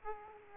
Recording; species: mosquito wingbeat signal from an infrared sensor; Aedes aegypti